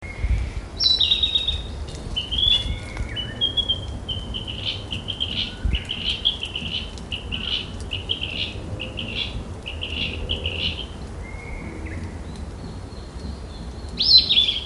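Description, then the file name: Narcissus flycatcher singing a long run of varied whistled and warbled notes, repeated phrases at a brisk pace, ending with a sharp high note; soft background noise. "kibitaki"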